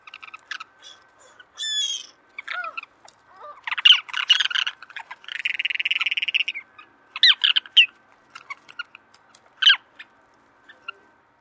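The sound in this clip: Turnstone giving sharp chattering calls in short bursts, including a rapid buzzy rattle for about a second, with scattered clipped notes between and a faint steady hum beneath.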